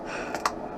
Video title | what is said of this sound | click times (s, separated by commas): Jud's 420 Nuggett from 420 Eyewear w Rx Zeiss Photofusion Extra Grey Lenses w the Green Flash Mirror | Press that in, it snaps right in. | 0.3 s, 0.5 s